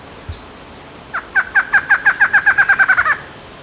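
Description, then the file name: Bird call: a loud, quick rattle of many short repeated notes at steady mid pitch, with faint high whistles before it. "SABIOD 50 bird 2015"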